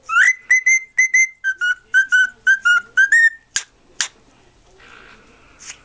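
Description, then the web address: Cockatiel whistling a string of short clear notes, first rising then steady and slightly dropping, then rising again, followed by a few sharp clicks and some quiet rustling. "birds cockatiel Cockatiel. sings"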